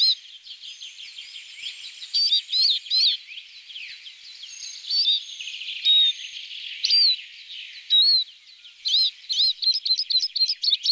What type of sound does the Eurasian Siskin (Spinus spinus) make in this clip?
song